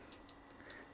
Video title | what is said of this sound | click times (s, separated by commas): How to Install A MicroSD Card on a Tapo security camera | you hear the click, and | 0.3 s